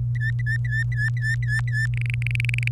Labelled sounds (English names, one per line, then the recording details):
Domestic Canary song
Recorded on 26 April 2018 at 18:20
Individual llb3